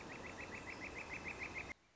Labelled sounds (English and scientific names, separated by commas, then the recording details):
Northern Flicker (Colaptes auratus)
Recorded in Sonoma County, California